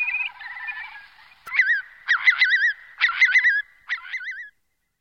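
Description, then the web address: Eurasian curlew song: bubbling, wavering trilled notes in several loud bursts, each ending in a rippling, wavy whistle. "Cursus Vogelzang Wulp"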